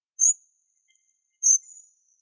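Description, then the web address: Hawfinch giving two sharp, very high, clipped 'tzik' calls about 1.2 seconds apart, the second trailing into a brief thin tail; otherwise quiet background. "Coccothraustes coccothraustes"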